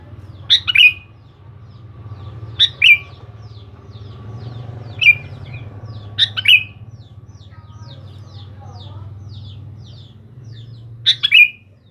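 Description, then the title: Sooty-headed bulbul song: five short, liquid phrases over a steady low hum and faint high chirps. "Kutilang"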